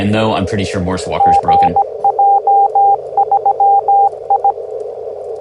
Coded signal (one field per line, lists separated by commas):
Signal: Morse code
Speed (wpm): 17 wpm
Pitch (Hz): 810 Hz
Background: speech, radio noise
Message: GJ3I